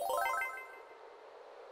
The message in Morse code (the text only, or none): none